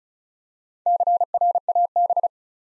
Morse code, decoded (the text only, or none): CRAB